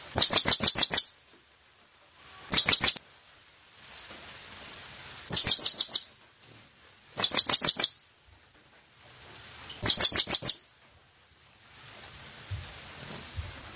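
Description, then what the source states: Blue-crowned hanging parrot: five bursts of shrill, fast high notes over the first eleven seconds, then faint background noise. Presented as an effective lure call for attracting the bird; local name serindit.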